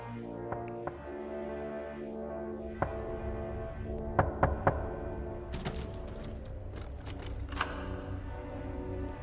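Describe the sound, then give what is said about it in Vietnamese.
Sparse, irregular knocks and clattering taps on a wooden coffin ring out at night over a steady, low droning hum, with a small cluster of sharper raps midway and no voices. “Tựa như là tiếng của ai đó gõ vào quan tài để thử chất gỗ vậy.”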